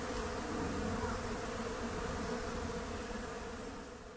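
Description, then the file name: Bees buzzing: a dense, steady droning hum holding throughout, slightly fading toward the end. "BEES AND THE BIRDS"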